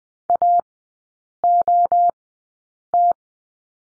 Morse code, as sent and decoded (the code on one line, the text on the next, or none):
.- --- -
AOT